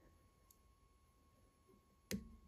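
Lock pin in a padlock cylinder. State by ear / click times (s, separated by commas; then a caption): seated / 2.1 s. While a SEZAM combination-and-key padlock is being picked, metal pin 3 in the cylinder is lifted all the way until it sets at the shear line. A faint tick at 0.5 s is followed by a sharp, bright click at 2.1 s over a quiet background with a steady high hum. The pin is seated.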